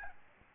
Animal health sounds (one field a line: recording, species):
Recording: mosquito wingbeat signal from an infrared sensor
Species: Aedes albopictus